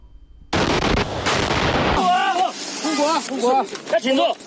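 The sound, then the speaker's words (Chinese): A grenade explodes during mine-clearing work in the Laoshan minefield, Yunnan, China, filmed on a mobile phone by mine-clearing soldiers on 11 October 2018: a sudden loud blast of broad, roaring noise erupts and rumbles for over a second, then frantic shouting voices rise over lingering noise. “在老山雷场的一次扫雷作业中，为了保护战友，他用身体挡住爆炸瞬间飞来的弹片和冲击波，英勇负伤，失去了双手和双眼。”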